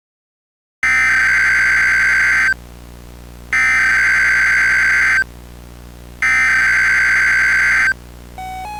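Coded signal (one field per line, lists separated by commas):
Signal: Emergency Alert System (SAME) tones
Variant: header bursts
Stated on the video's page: Fictional alert scenario, not a real alert.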